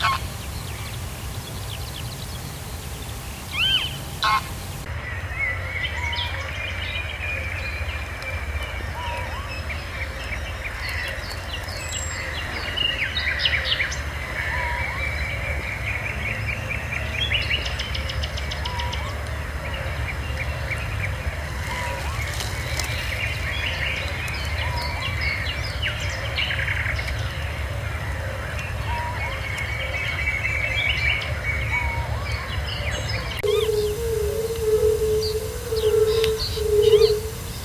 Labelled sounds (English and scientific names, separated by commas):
Little Owl (Athene noctua)